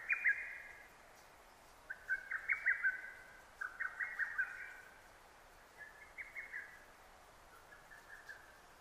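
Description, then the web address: Lesser cuckoo giving several rapid whistled phrases, the opening one loud, later ones fainter, against a hissy background. Recorded 6 June 2009. "sounds data 2009 D 50-hototogisu-20090606"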